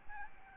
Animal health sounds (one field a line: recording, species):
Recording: mosquito wingbeat signal from an infrared sensor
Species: Aedes albopictus